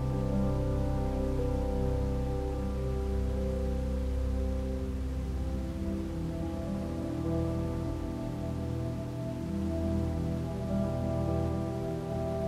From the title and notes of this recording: The gentle melodies of a serene piano dance alongside calming white noise. Accompanying the piano, you'll be serenaded by a gentle stream of white noise, reminiscent of the sounds of nature.